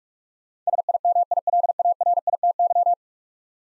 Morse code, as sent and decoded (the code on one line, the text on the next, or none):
... .. -- .. .-.. .- .-. .. - -.--
SIMILARITY